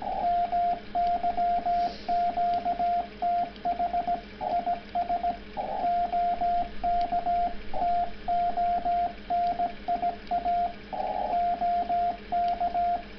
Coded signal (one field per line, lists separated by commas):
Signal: Morse code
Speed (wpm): 17 wpm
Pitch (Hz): 690 Hz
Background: radio noise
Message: MY QTH IS OK TONIA OK